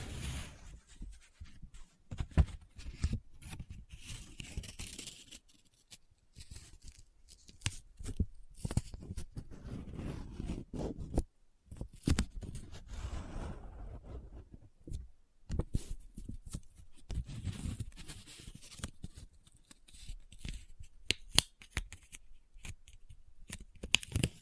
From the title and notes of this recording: ASMR Close Up Paper Sounds - Folding, Scratching, Rubbing, Crinkle (No Talking).